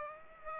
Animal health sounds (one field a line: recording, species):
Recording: mosquito wingbeat signal from an infrared sensor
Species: Aedes aegypti